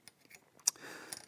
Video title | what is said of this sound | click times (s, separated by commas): Basic Care and Maintenance for Valved Brass Pt 1/4: Oiling Piston Valves | so i've locked that back into place | 0.7 s